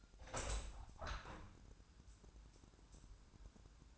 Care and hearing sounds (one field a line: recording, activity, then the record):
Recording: daily activity, microphone in the room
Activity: open window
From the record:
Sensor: 2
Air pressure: 1000.4 hPa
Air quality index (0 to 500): 132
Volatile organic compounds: 2 ppm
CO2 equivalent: 1102 ppm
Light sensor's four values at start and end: 11/32/12/14 and 12/32/13/15